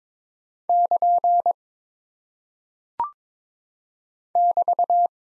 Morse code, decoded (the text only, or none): <KN> <BT>